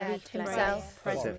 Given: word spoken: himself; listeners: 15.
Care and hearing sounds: one English word in noise, from a listening test; four-talker babble; -0.4 dB; 3 of 15; 6 of 15; 0.99 s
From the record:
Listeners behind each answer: 6, 3, 1, 1, 1, 1, 1, 1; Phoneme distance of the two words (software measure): 21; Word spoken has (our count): 2 syllables, 7 phonemes, stress on syllable 2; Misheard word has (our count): 1 syllable, 4 phonemes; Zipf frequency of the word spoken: 5.19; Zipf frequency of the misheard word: 4.83

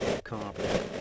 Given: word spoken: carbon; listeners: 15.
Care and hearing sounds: one English word in noise, from a listening test; noise modulated by three-talker babble; -6.4 dB; 3 of 15; 9 of 15; 0.61 s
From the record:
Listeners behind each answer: 9, 3, 1, 1, 1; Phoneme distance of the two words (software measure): 30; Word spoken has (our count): 2 syllables, 5 phonemes, stress on syllable 1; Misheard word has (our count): 2 syllables, 5 phonemes, stress on syllable 1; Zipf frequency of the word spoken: 4.39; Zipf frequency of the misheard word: 4.25

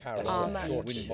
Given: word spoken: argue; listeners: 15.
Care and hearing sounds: one English word in noise, from a listening test; four-talker babble; -1.8 dB; 2 of 15; 8 of 15; 0.74 s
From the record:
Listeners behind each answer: 8, 2, 2, 1, 1, 1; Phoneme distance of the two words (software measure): 27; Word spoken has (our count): 2 syllables, 4 phonemes, stress on syllable 1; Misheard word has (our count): 2 syllables, 3 phonemes, stress on syllable 1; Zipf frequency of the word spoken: 4.44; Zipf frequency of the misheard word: 3.89

